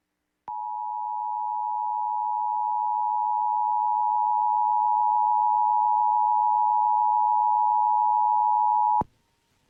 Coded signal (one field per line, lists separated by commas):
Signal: Emergency Alert System (SAME) tones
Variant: 853 and 960 Hz attention tone